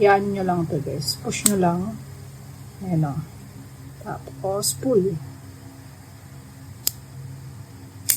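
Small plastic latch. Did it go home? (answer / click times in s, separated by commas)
released / 6.9 s, 8.1 s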